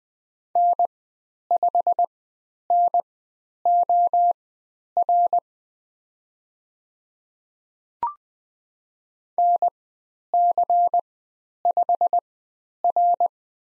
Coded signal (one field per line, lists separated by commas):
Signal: Morse code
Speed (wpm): 20 wpm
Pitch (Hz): 700 Hz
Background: none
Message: N5NOR NC5R